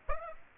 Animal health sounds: mosquito wingbeat signal from an infrared sensor; Aedes aegypti

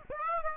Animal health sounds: mosquito wingbeat signal from an infrared sensor; Aedes aegypti

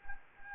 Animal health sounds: mosquito wingbeat signal from an infrared sensor; Anopheles gambiae

